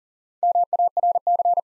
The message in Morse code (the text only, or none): MARC